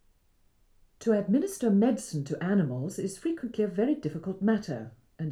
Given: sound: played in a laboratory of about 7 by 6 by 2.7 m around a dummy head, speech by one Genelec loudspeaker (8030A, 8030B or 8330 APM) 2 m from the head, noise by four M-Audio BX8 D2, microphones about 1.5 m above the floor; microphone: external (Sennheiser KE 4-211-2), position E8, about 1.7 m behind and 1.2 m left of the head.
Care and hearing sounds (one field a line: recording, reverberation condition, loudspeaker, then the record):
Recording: female speech in English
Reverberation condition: low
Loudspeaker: 120 degrees to the left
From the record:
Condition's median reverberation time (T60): about 310 ms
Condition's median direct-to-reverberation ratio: about 3.5 dB